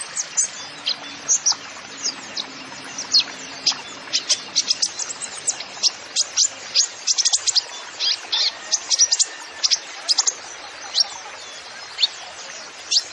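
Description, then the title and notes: Van Hasselt's sunbird song: rapid high twittering with sharp chirps in quick runs, steady and energetic throughout. Masteran recording for training songbirds; actively singing (gacor) bird with full fills (isian) and shots (tembakan). "MASTERAN KOLIBRI NINJA FULL ISIAN DAN TEMBAKAN COCOK BUAT PANCINGAN. Suara Burung Kolibri Ninja Gacor"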